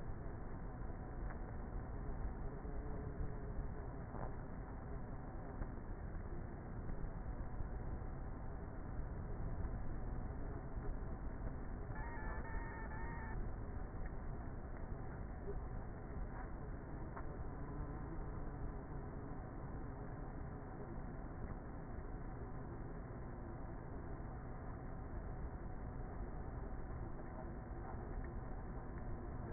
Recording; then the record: honeybee colony, microphone inside the hive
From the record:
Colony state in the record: queenless with a low population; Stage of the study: before two queens were removed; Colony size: about 30,000 bees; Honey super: no